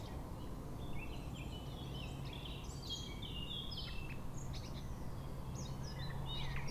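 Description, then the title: Nightingale song, a quiet run of varied whistled and chattering phrases, with a steady low hum underneath. Singing from a bush between a railway line and the shore of Lac du Bourget, Entrelacs, France, unbothered by passing trains. "2 D991, Entrelacs, France - Rossignol ferroviaire"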